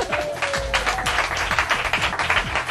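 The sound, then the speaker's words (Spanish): A burst of applause, many hands clapping in a dense, steady patter with no one speaking, holding at an even loudness throughout. “¡Aplausos!”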